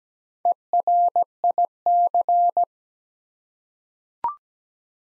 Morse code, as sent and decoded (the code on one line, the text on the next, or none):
. .-. .. -.-.
ERIC